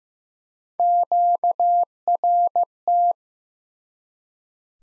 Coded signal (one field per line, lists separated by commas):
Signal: Morse code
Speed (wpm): 15 wpm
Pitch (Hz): 700 Hz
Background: none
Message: QRT